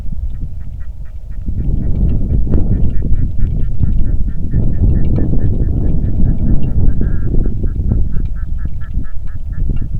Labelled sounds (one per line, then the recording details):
waterfowl
wind
rain
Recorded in the Arctic National Wildlife Refuge, Alaska, on 3 August 2019 at 09:15
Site 46